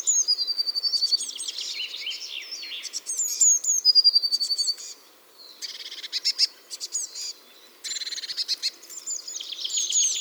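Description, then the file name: Eurasian blue tit calls: high thin notes mixed with rapid buzzy churring rattles, given in bursts separated by short pauses. "Cyanistes caeruleus"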